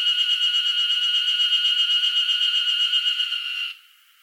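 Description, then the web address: Cicada song, a steady harsh buzz pulsing about four times per second, ending abruptly near the close into near quiet. Northern Japan, summer. "Sound Effects-Foundation INSECT CICADA NORTHERN JAPAN SUMMER"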